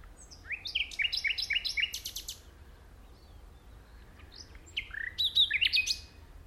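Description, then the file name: Common nightingale singing two phrases of rising, sharply slurred notes in quick succession, separated by a quiet gap of about two seconds. "Luscinia megarhynchos"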